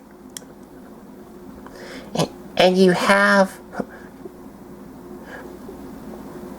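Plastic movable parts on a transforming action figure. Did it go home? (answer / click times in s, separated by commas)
yes / 0.4 s, 1.7 s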